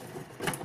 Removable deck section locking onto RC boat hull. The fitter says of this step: here that it locks in place so we can put that down there locked